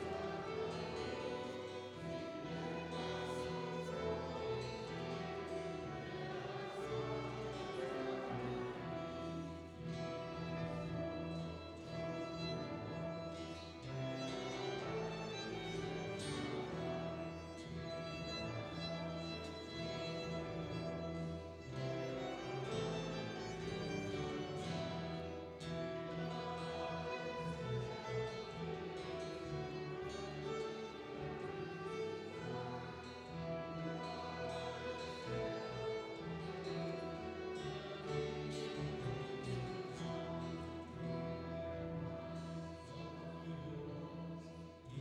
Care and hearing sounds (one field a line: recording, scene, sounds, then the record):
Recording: everyday scene through a hearing-aid microphone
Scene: reverberant space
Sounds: music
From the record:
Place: church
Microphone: in the ear canal, right